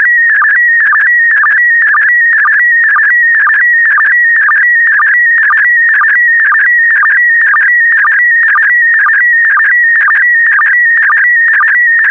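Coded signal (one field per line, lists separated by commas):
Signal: SSTV (slow-scan television)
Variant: PD120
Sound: warbling, chirping tone with a steady rhythmic blip about twice a second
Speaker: complete. You can now check your decoded image against the picture that is shown on the video.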